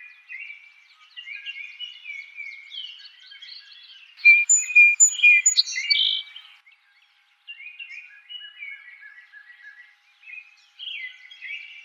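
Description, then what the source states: Song Sparrow song: soft twitters lead into a loud phrase of sharp repeated notes and a buzz, followed by quieter chirping. Recorded 4 January 2007.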